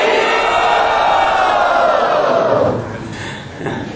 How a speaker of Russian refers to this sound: Кто-то хочет избавиться от влияния ума? Громче крикните «Хари Бол».